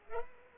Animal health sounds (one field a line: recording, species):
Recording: mosquito wingbeat signal from an infrared sensor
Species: Culex pipiens